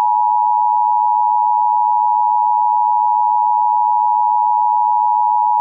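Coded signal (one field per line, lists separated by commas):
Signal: Emergency Alert System (SAME) tones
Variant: 853 and 960 Hz attention tone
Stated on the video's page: Fictional mock flash flood warning for Frederick and Washington counties, Maryland, and Jefferson County, West Virginia.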